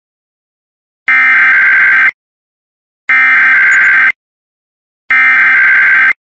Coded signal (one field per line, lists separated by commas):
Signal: Emergency Alert System (SAME) tones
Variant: header bursts